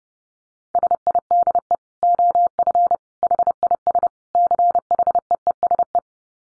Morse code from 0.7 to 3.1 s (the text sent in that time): SIDE OF